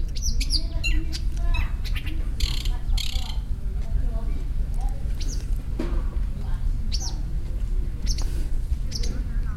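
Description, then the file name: Long-tailed shrike uttering harsh, broad rasping calls interspersed with brief chirps and twitters, irregularly spaced, with a constant low hum underneath. "shrike-long-tailed -Lanius-schach"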